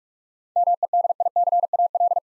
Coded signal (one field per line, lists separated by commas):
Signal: Morse code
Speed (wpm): 43 wpm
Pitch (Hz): 700 Hz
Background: none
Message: MEDICAL